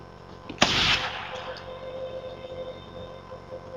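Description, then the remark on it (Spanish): A single suppressed pistol shot, a sharp muffled crack with a short hissing tail that fades within a second, leaving only a low, steady background hum. “El silenciador hace del disparo un susurro y la abrazo fuerte hasta que se desvanece.”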